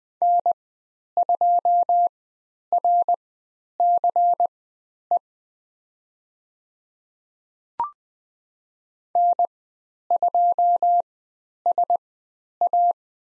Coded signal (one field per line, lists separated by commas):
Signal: Morse code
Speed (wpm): 20 wpm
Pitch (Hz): 700 Hz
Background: none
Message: N2RCE N2SA